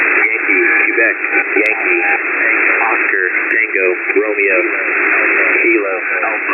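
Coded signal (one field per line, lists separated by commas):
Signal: coded military voice message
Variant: HFGCS Emergency Action Message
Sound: muffled single-sideband voice reading a message over a steady hiss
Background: radio static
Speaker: So So these could have been uh arming codes. Listen.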